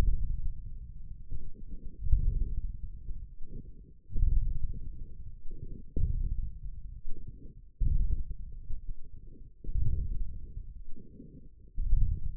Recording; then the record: forearm muscle sounds (acoustic myography)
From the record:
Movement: ulnar deviation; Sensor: system 1, eight BSWA MPA416 microphones around the upper forearm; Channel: 7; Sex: male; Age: 28 years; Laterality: right